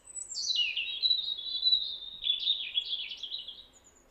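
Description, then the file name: European robin singing one long, fluid phrase of rapid high warbles and trills that fades at the end. "Erithacus rubecula"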